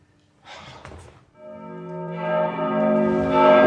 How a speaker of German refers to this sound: Die Glocke von San Marco!